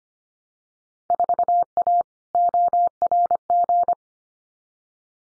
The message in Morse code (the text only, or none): 4A ORG